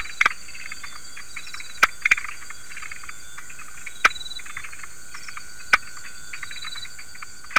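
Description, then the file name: Savanna tree frog calls: abrupt clicks, sometimes doubled, spaced a couple of seconds apart, with a dense ringing insect chorus throughout. "Leptopelis viridis"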